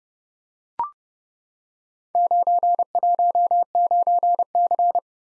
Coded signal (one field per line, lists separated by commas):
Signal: Morse code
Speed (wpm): 30 wpm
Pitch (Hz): 700 Hz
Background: none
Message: 919C